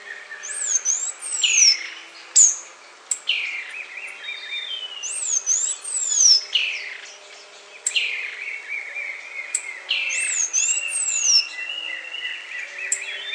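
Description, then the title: Half-collared sparrow calling in repeated bursts of very high arching whistles and falling slurs. "LuckyPassaro Completos2Sama. Half-collared Sparrow (Arremon semitorquatus)"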